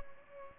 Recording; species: mosquito wingbeat signal from an infrared sensor; Culex pipiens